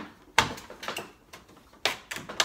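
Small chrome plastic trim inserts are pressed by hand into the broken front grille of a Tahoe truck. Sharp snap hits ring out at 0.4 s and 1.9 s as the inserts seat, with another sharp tick near the end. The chrome inserts snap into place in the grille.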